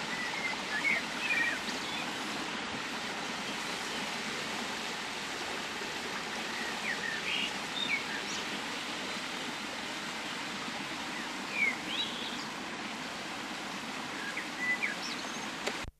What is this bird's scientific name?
Turdus merula